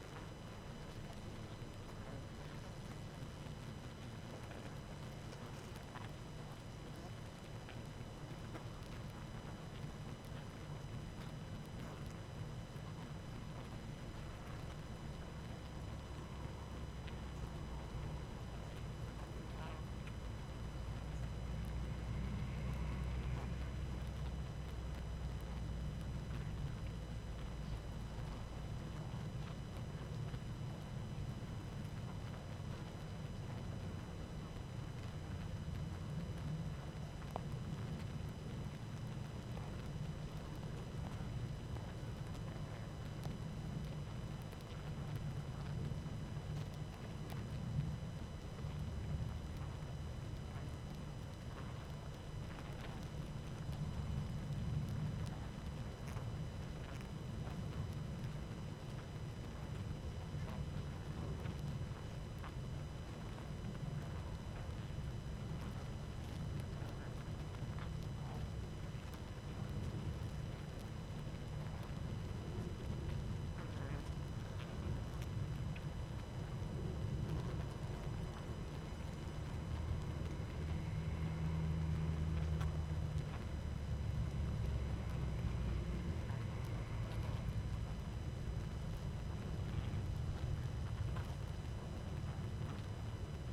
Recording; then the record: honeybee colony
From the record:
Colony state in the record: active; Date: 12 June 2018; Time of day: 19:14